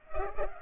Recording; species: mosquito wingbeat signal from an infrared sensor; Culex pipiens